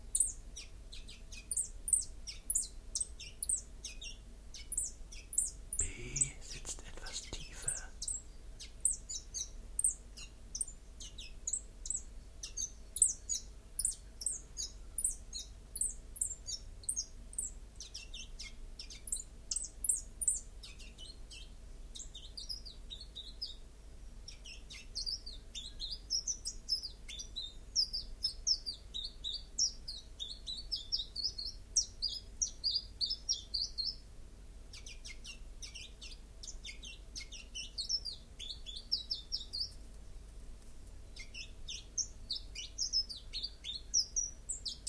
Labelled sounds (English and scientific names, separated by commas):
Common Chiffchaff (Phylloscopus collybita) song